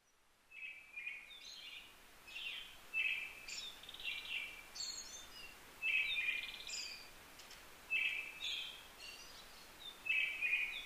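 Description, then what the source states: Brown-headed thrush song, somewhat faint: repeated warbled whistles ending in high thin notes, phrases coming steadily about every two to three seconds. Recorded 15 May 2010 at 18:56.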